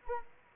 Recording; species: mosquito wingbeat signal from an infrared sensor; Anopheles arabiensis